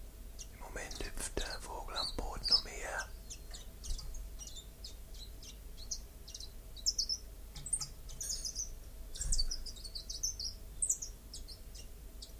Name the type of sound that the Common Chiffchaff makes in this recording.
song